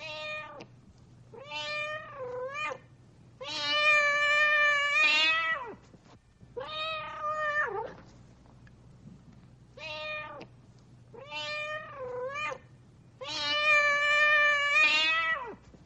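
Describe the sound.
Cat giving a string of repeated meows, some short and clipped, others long and wavering, over a faint low hum.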